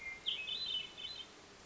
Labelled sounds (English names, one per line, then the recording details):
Hermit Thrush
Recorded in Sonoma County, California